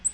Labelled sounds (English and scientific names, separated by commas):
Black-throated Green Warbler (Setophaga virens) flight call